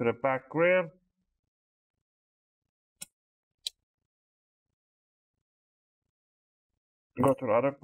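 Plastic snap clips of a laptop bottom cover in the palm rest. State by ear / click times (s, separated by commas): released / 3.0 s, 3.7 s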